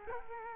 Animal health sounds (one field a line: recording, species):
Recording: mosquito wingbeat signal from an infrared sensor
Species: Culex quinquefasciatus